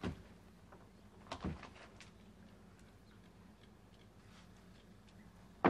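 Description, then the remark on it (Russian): A bathroom door handle is yanked, giving a few sharp metallic clacks spaced apart by stretches of quiet, over a low steady hum, with a louder jolt at the end. “Подходит к двери ванной. Дергает за ручку.”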